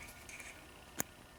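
A re-flared, sleeved male crimp pin is pushed back into the plastic housing of a power supply connector. After quiet background noise, one sharp, very short click sounds at 1.0 s as the pin seats. The pin is confirmed locked in place.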